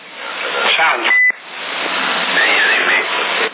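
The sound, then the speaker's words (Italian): A steady rush of radio static carries a single short, high electronic beep partway through, a CB radio transmission tone sent through a base-station microphone, before the hiss continues on its own, faintly warbling. “Ok, vedi un po' se va bene così, se si sente il bip.”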